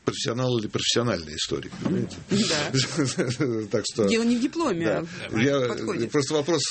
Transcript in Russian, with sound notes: Профессионал или профессиональный историк, понимаете? (смеется)
Да. Дело не в дипломе, а в подходе.
Просто вопрос